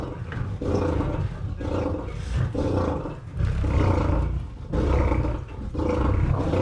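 Lion roaring in deep, rumbling bursts, each heavy low grunt followed by a short pause, steady and forceful throughout.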